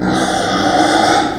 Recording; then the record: squeal of a Yucatan mini pig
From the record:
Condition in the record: before surgery on the right vocal fold (resection and tissue-engineered implant); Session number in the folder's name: 3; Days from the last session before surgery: 0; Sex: female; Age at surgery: 19 weeks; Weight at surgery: 25 kg